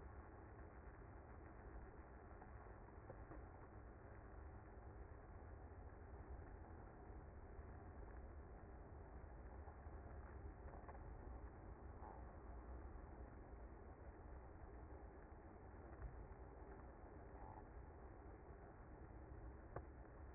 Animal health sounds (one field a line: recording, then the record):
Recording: honeybee colony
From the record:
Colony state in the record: active